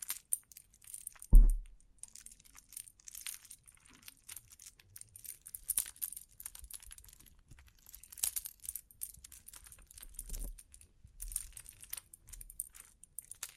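Bling bling triggers: light metallic clinks and jingles, like coins or small jewelry being handled, tick along in quick sparse bursts. One louder thump lands near the one-and-a-half second mark, and softer low bumps recur around ten and eleven seconds.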